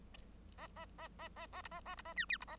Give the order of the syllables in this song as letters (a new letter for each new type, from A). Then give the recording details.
A A A A A A B A A B A C D B A. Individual Bird1